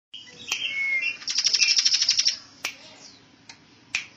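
Bird giving a short whistled note then a fast rattling trill of high chirps, followed by a few sharp clicks.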